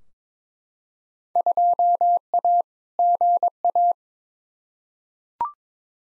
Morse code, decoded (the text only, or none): 2A GA